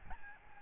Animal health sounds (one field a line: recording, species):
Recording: mosquito wingbeat signal from an infrared sensor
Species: Aedes albopictus